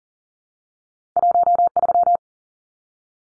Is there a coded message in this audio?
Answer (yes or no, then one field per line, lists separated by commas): yes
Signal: Morse code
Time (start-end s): 1.2-2.2 s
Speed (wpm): 40 wpm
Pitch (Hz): 700 Hz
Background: none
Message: 13